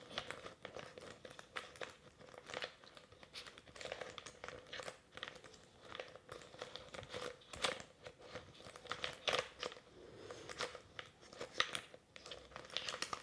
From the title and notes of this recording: ASMR French 5 Triggers (Latex gloves, Mic brushing, Plastic on mic, tweezers.)